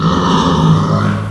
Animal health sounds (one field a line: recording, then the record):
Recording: squeal of a Yucatan mini pig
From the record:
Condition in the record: after surgery on the right vocal fold (resection and tissue-engineered implant)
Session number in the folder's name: 15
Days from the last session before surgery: 175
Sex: female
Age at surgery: 19 weeks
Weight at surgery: 25 kg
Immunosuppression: prednisolone